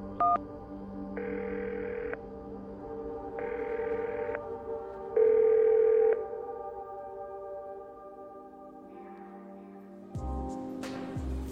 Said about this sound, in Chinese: 视线里边有个电话亭，穆代跌跌撞撞的过去，掏出硬币，一连塞了好几个，伸出哆嗦的手指拨打电话。有几个号码他还是记得的。